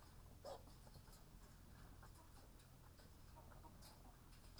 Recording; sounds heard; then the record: poultry house recording; sick chickens (respiratory disease)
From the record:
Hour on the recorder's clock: 9